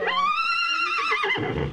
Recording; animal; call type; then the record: contact call of a hoofed animal; horse; whinny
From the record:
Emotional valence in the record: positive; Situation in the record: reunion with the whole group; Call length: 1.73 s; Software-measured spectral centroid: 2150 Hz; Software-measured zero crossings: 3310 a second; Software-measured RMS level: -24 dBFS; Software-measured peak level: -12 dBFS